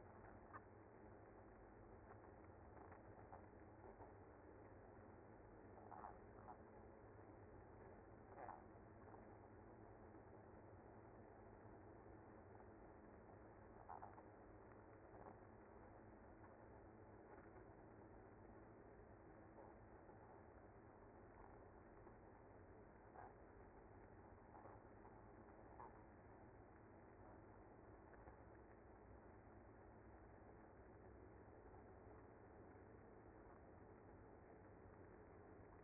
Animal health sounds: honeybee colony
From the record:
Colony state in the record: active

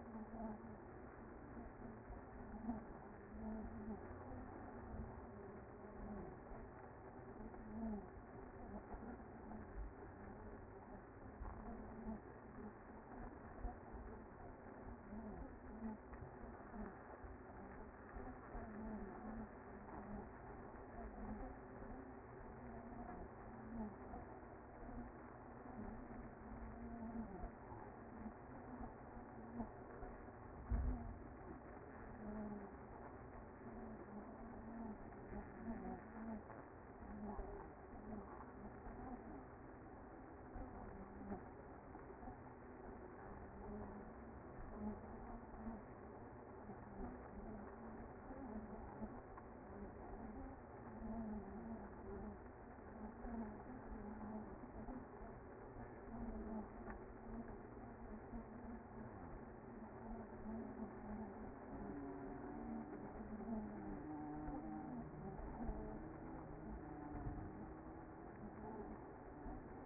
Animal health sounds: honeybee colony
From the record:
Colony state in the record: active

